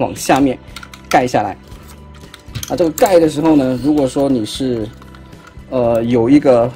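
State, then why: Seated. Someone talks while the two plastic chest panels of a Unique Toys R05 Desperado transforming robot toy (a live-action-movie-style Megatron) are lifted and folded down over the chest into its latch. Sharp clicks at 2.3 s and 2.6 s mark the chest cover snapping shut and seating.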